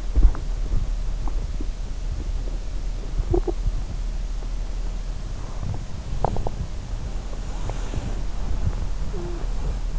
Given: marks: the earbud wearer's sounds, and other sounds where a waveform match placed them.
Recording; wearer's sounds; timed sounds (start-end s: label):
sounds in sleep by an in-ear microphone; swallowing, talking in sleep, teeth grinding
0.00-0.67 s: swallowing
3.12-3.64 s: talking in sleep
5.69-6.68 s: teeth grinding
6.68-9.92 s: sound from someone else or the room